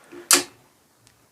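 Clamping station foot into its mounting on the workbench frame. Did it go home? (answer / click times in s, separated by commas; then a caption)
yes / 0.3 s. A foot on a Ryobi Portable Clamping Station RSTSJ150 is pushed into its mounting on the workbench frame, where spring-loaded balls hold it. It clicks into place at 0.3 s with a sharp, bright snap that fades over about a quarter second. A faint tick follows at 1.1 s, and the foot is confirmed seated and held.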